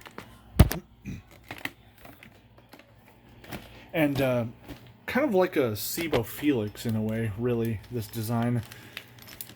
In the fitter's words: a plastic ridges on it, but it just snaps into place.